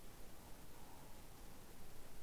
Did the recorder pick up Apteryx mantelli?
no